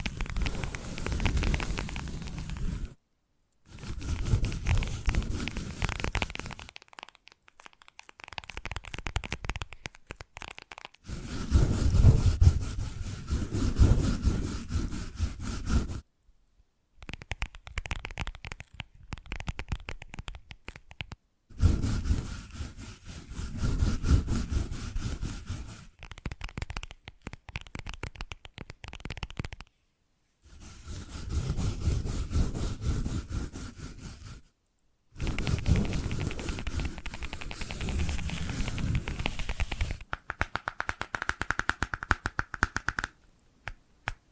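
Scratching and tracing sounds come in bursts of a few seconds, separated by short silences, about eight passes over the 44 seconds. Each stretch is a dense, rough rubbing like sawing or brushing across wood, with a low rumble underneath and a thin steady tone in some passages.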